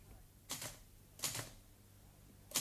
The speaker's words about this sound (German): Und der Gouverneur sitzt stundenlang vor seiner Schreibmaschine, freut sich wie ein Kind, dass er die einzelnen Tasten herunterdrücken kann und dann die Buchstaben auf dem Papier erscheinen.